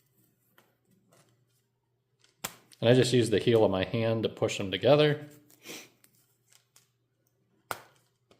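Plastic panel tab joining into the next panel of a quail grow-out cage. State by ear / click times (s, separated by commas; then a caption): seated / 7.7 s. Someone talks while pressing plastic quail grow-out cage panels together with the heel of a hand, working a panel's joining tab into the next panel. A few faint taps and handling sounds follow the speech. A sharp snap at 7.7 s marks the tabs popping into place and the panels seating.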